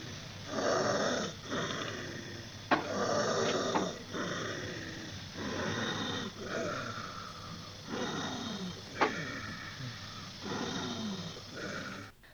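Loud, harsh, growling breaths repeat roughly every two to three seconds, some with a tight, strained edge: inspiratory stridor from paradoxical vocal cord dysfunction. The person struggles to breathe in, the chest rising as they grasp for air, unlike asthma, where the trouble is breathing out.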